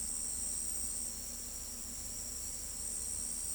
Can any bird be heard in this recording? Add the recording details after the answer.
no. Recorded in pastures near Pivijay, Magdalena, Colombia, on 4 June 2023 at 03:00. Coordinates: 10.456, -74.369. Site P6-G026